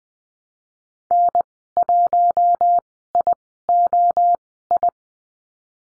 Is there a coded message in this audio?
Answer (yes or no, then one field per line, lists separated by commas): yes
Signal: Morse code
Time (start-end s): 1.1-4.9 s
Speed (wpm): 20 wpm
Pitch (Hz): 700 Hz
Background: none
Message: N1IOI